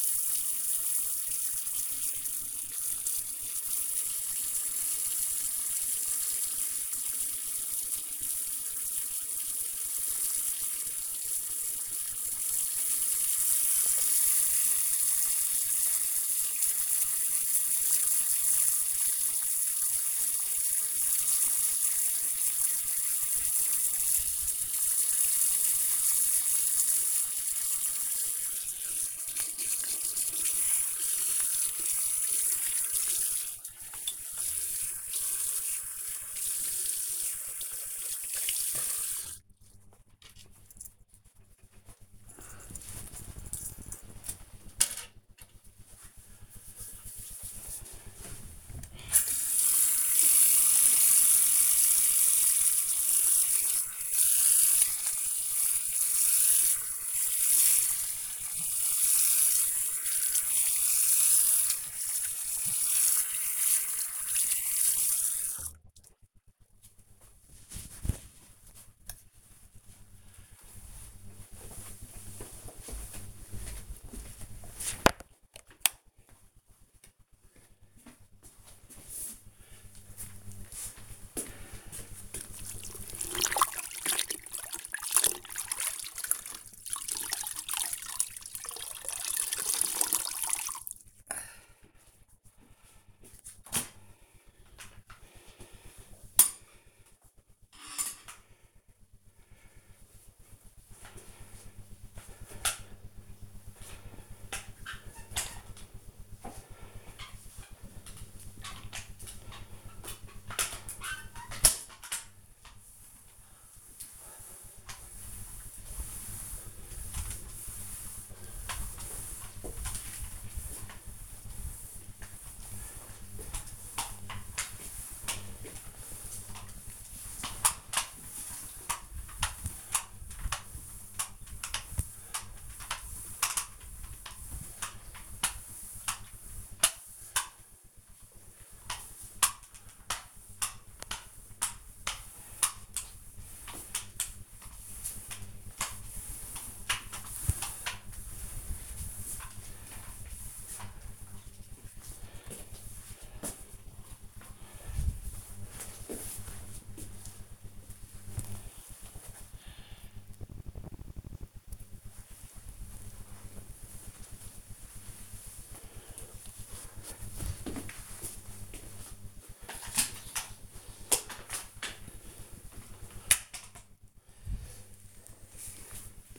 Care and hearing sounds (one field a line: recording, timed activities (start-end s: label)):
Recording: household activities, microphone on the right wrist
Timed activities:
0.00-39.78 s: brushing teeth
48.83-66.94 s: washing hands
79.03-151.55 s: floor cleaning
169.67-176.39 s: floor cleaning